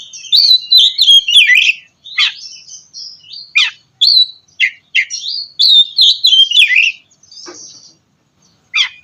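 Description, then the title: Oriental magpie-robin song: a fast, varied run of clear whistles, sliding notes and scratchy chirps, pouring out in quick bursts with brief gaps. "kacer"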